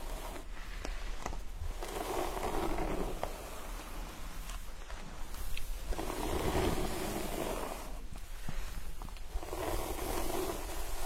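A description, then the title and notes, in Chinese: A hair wash with scalp massage: a steady, dense wet rustling and hissing runs throughout, swelling and easing in slow waves, loudest around six to seven seconds. Brief sharp clicks and taps break through every second or two. 沉浸式洗头体验 & 头皮按摩。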